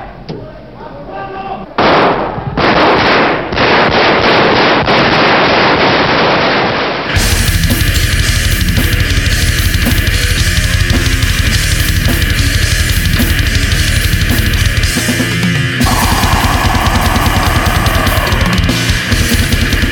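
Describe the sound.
A rapid series of sharp gunshots cracks out on a rough, noisy old archival recording from the Spanish parliament on 23 February 1981, the shots of Tejero's action, mixed with shouting voices, before a dense, loud wash of sound takes over.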